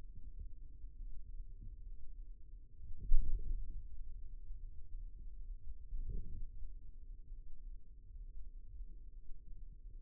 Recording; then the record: forearm muscle sounds (acoustic myography)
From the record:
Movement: wrist extension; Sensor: system 2, bracelet of six BSWA MPA416 microphones around the upper forearm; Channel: 4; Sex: male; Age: 22 years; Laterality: right